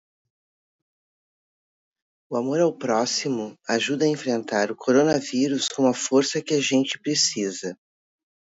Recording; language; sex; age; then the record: spoken sentence; Brazilian Portuguese; female; 60 to 69 years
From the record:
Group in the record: control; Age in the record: 61 years